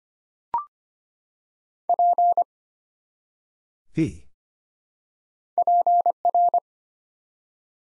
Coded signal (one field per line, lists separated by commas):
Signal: Morse code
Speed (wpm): 25 wpm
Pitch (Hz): 700 Hz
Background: none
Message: P PR